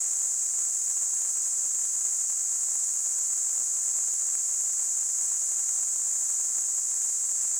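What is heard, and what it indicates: A steady, high-pitched hiss centred near 8 kHz holds at an even loudness for the whole seven and a half seconds, with no breaks or changes. It is a simulated tinnitus sound, imitating the constant ringing or hissing a person with tinnitus hears.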